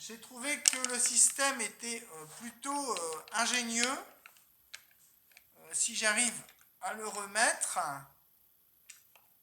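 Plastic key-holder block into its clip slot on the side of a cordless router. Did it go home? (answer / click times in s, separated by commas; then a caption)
no / none. Someone talks while handling a small plastic block that holds the adjustment keys and an Allen key, trying to clip it back into its slot on the side of a Parkside cordless router. Faint handling taps come between the speech, around 4.3 to 5.4 s and near 8.9 s. Nothing has seated or clicked into place yet.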